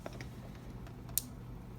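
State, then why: Seated. The last plastic flipper of a 2021 Mattel Jurassic World Dino Escape Ocean Protector Mosasaurus action figure is pushed into its socket on the body. Faint handling ticks are followed by a sharp, small plastic click at 1.2 s as the flipper seats.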